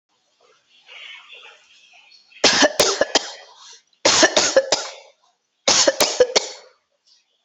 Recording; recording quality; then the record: heavy voluntary cough; excellent, no background noise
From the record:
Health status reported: healthy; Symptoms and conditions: none ticked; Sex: female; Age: 41 years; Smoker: not ticked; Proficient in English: yes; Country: India